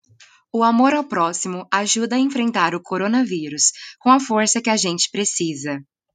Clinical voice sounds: spoken sentence; Brazilian Portuguese; female; 20 to 29 years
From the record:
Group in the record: control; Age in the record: 21 years

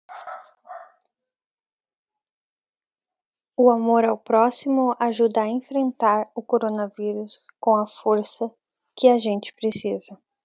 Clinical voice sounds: spoken sentence; Brazilian Portuguese; female; 20 to 29 years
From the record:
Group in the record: control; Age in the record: 21 years

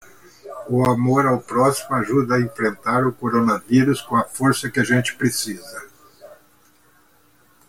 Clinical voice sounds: spoken sentence; Brazilian Portuguese; male; 70 to 79 years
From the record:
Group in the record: control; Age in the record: 74 years

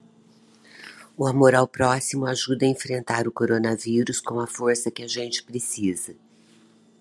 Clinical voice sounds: spoken sentence; Brazilian Portuguese; female; 60 to 69 years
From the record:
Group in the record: control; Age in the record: 62 years

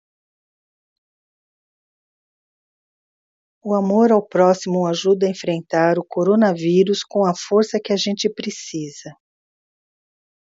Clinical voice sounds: spoken sentence; Brazilian Portuguese; female; 60 to 69 years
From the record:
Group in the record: control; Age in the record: 63 years

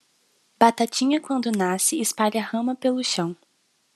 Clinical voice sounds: short text; Brazilian Portuguese; female; 18 to 19 years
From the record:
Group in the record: control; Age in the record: 19 years

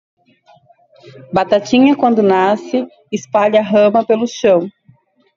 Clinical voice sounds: short text; Brazilian Portuguese; female; 30 to 39 years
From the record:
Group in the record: control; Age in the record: 34 years

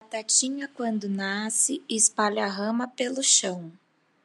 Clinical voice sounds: short text; Brazilian Portuguese; female; 30 to 39 years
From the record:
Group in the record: control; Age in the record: 34 years

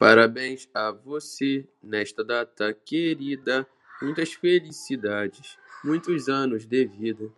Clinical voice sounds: short text; Brazilian Portuguese; male; 20 to 29 years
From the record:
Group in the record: control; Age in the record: 20 years

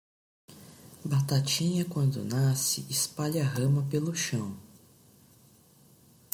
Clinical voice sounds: short text; Brazilian Portuguese; female; 40 to 49 years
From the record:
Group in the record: control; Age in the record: 42 years

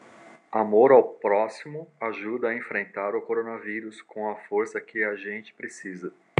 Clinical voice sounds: spoken sentence; Brazilian Portuguese; male; 50 to 59 years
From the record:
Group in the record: control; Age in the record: 54 years

